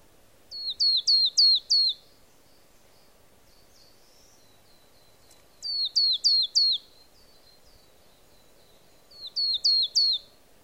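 Marsh tit calls: three short runs of four or five high, sharply downslurred notes, with quiet pauses between.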